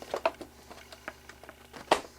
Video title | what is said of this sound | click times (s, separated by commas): Vacuum Forming Video 6 | snaps into place I know it's going to be in the same place every time | 1.9 s